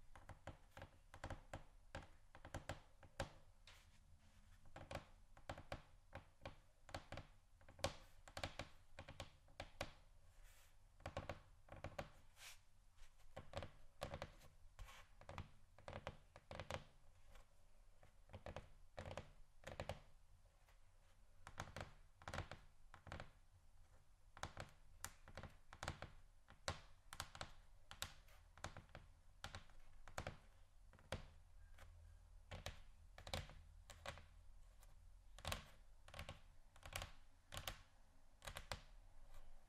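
Fingers tap and scratch on a table surface in quick, irregular knocks, some clustered, with sharp clicks over a soft low thud throughout.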